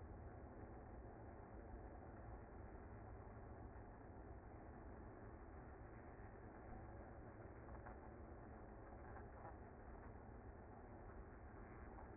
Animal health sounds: honeybee colony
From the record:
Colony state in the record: active

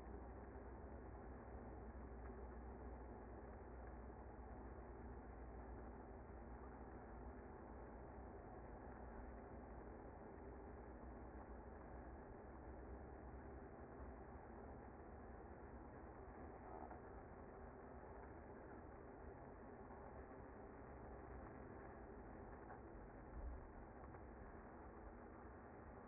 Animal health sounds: honeybee colony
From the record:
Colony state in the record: active

